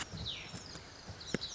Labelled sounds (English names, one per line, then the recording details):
Cassin's Vireo
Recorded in Sonoma County, California